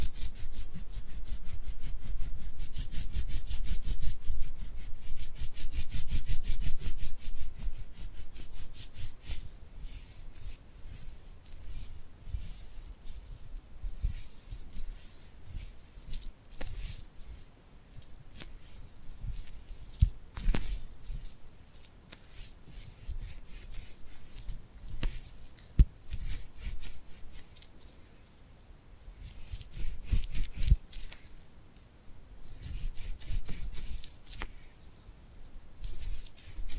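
Sticky, glued hands rub and peel apart in dense, crackling rasps, loudest in the first ten seconds, then softer with occasional sharp clicks.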